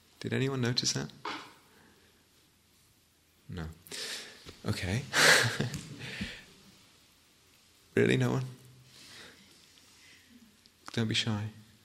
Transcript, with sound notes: Did anyone notice that? No? Okay. [laughs] Really, no one? Don't be shy.